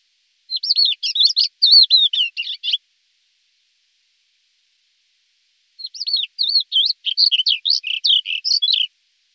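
Thekla's lark song: two rapid, chattering phrases of varied twittering and slurred notes, lasting about two and three seconds, separated by a silent pause; no other sounds.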